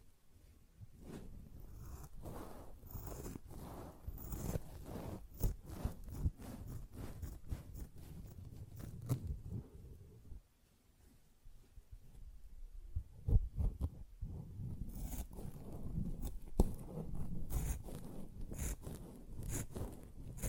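A sponge is scratched, brushed and squished in quick, uneven strokes, each a short rasping burst with a soft low thud beneath. The strokes run densely for about ten seconds, stop briefly near the halfway point, then resume with a few sharper scrapes.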